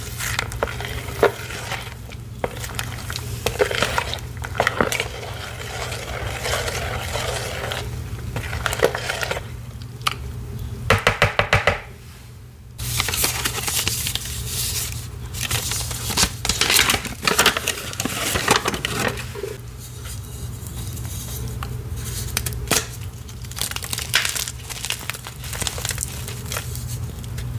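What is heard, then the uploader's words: Gym chalk mixed into a paste, heard as continuous wet squishing, crumbly crinkling and bursts of crushing texture. Sharp clicks and squelches come in dense, irregular clusters, with a brief lull near twelve seconds. A steady low hum sits underneath. Soft BSN Gym Chalk Water Crushes. Some soft BSN water crushes, Ader crush + mixing paste. Mixing paste and mudpie results crushed at the end.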